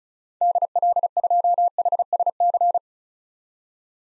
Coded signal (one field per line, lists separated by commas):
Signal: Morse code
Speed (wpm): 36 wpm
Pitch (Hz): 700 Hz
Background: none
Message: DL2HSC